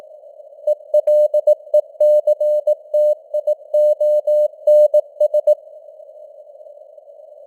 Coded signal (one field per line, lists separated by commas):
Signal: Morse code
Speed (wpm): 18 wpm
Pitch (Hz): 600 Hz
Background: none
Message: ELECTIONS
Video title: Morse Code News | 2025-10-23 | 18wpm